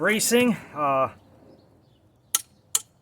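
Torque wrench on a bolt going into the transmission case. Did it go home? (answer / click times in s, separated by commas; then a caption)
yes / 2.3 s, 2.8 s. Someone talks as a click-type torque wrench, braced for the extra force, tightens a large bolt going into the transmission case of a 2013 Mini Cooper R56 Getrag six-speed manual transmission to 27 ft-lbs. After a quiet pause, the wrench gives two sharp metallic clicks at about 2.4 s and 2.8 s, showing it has reached its setting.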